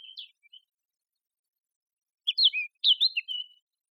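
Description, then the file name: Eurasian blackcap song: a few short notes, a long pause, then two brief bursts of clear, fluty whistles. "Sylvia atricapilla"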